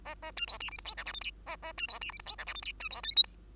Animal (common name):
Bengalese Finch